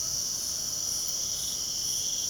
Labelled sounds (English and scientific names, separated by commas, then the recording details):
none
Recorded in pastures near Puerto Asís, Putumayo, Colombia, on 29 June 2025 at 04:30
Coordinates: 0.497, -76.327
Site G040